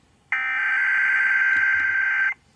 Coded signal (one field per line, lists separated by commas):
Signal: Emergency Alert System (SAME) tones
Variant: header bursts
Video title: (EAS 355) Child Abduction Emergency